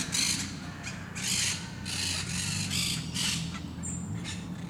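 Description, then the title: Parakeets giving repeated raucous screeches, with a low background drone throughout. Parc de Forest, Saint-Gilles, Belgium; recorded with Sony PCM-D100 internal microphones in wide position. "Parc de Forest, 1060 Saint-Gilles, Belgique - Parakeets - Perruches"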